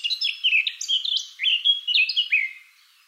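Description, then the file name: Eurasian blackcap delivering one rapid, varied warble of high, jumbled notes that fades out toward the end. "Sylvia atricapilla"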